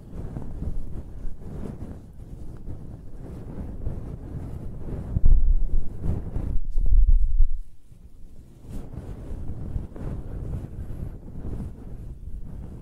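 Close-up hair sounds: fingers scratching and stroking through hair make a continuous low, muffled rustle with soft rubbing bursts throughout. Around five to seven and a half seconds the handling grows heavier and louder, then settles back into quieter, steady brushing.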